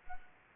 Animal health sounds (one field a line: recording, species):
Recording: mosquito wingbeat signal from an infrared sensor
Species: Anopheles arabiensis